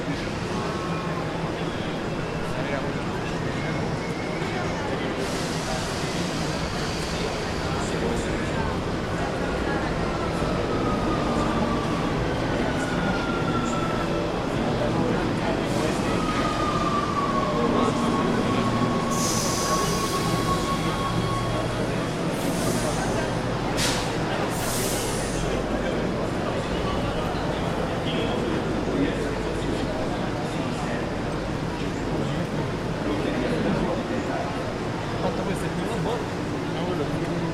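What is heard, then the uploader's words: A metro ride underground, with a constant dense low rumble of the moving train filling the whole recording. Murmured voices of passengers run underneath, while brief squeals and high hissing bursts from the wheels and brakes flare up around the middle and later. Recorded by Cities and Memory. A metro journey beneath the streets of Rome from the Termini station to Circo Massimo.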